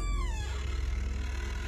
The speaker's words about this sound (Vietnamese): Có tiếng kéo kẹt mở cửa bật ra.